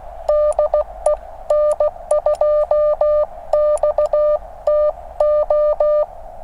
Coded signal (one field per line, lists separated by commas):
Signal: Morse code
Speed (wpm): 16 wpm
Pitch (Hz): 600 Hz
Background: none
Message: DE N2XTO